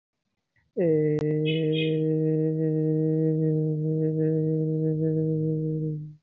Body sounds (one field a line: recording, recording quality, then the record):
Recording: sustained vowel as in made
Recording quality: excellent, no background noise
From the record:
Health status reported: healthy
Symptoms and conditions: none ticked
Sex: male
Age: 25 years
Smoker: not ticked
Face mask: not worn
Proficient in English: yes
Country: India